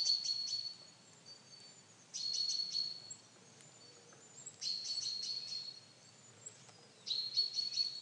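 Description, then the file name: Common chaffinch producing series of crisp high notes over a steady whistle, four bouts spaced about two and a half seconds apart, against light background noise. "Fringilla coelebs"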